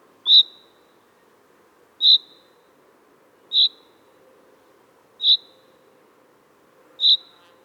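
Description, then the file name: Common chaffinch repeating a crisp, high single-note call five times, roughly every one and three-quarter seconds, over a faint low hum. "Fringilla coelebs"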